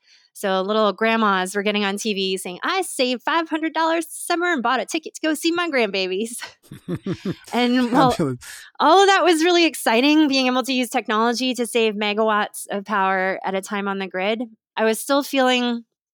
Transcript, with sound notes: So, grandmas were getting on TVs saying, “I saved $500 this summer and bought a ticket to go see my grandbabies.” (Laughs) And while all of that was really exciting being able to use technology to save megawatts of power at a time on the grid, I was still feeling